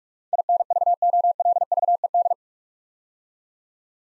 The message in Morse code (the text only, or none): INVOLVED